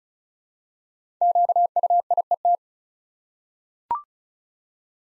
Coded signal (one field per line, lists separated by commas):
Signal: Morse code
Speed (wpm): 36 wpm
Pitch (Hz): 700 Hz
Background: none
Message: QUIET